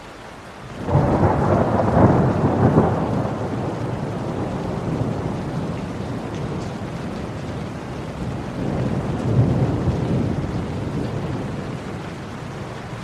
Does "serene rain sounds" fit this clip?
yes